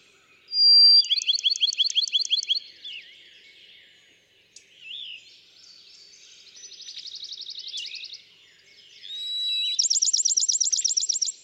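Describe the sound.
Bachman's sparrow giving sweet whistled notes, each one running into a rapid, even trill; quieter trills sit between two loud whistle-and-trill phrases.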